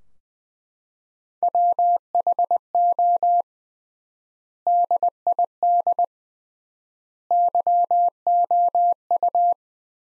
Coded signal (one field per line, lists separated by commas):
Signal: Morse code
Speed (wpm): 20 wpm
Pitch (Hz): 700 Hz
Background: none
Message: WHO DID YOU